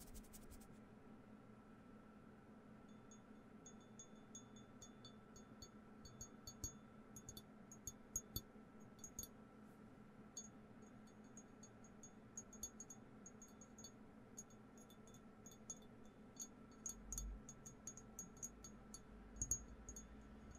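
Tuning forks ring: a steady low hum and a fixed middle tone hold unchanged throughout. From about three seconds, bright, glassy high pings repeat irregularly, like light chime strikes, growing busier toward the end, where a faint low rumble joins.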